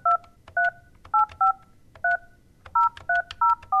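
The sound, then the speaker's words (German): A telephone keypad being dialed to call the Arizona State Prison Complex in Perryville: about ten short, loud touch-tone beeps, each a steady two-note chime, tapped out in uneven bursts with brief gaps over a faint low hum. “Ich darf aber mit ihr telefonieren.”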